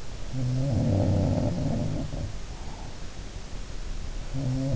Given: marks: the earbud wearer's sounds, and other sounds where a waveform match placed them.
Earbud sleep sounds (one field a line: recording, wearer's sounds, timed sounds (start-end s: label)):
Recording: sounds in sleep by an in-ear microphone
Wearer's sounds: breath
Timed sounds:
0.18-3.56 s: sound from someone else or the room
2.19-3.56 s: breath
4.22-4.76 s: sound from someone else or the room